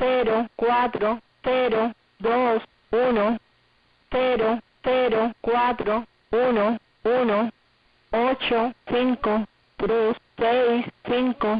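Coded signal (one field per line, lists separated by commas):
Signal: numbers station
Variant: HM01, Spanish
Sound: a voice reading Spanish digits one by one, evenly spaced, with short pauses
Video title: 07 12 2022 Numbers HM01 Cuban Spy in Spanish 1605 on 11435 Bejucal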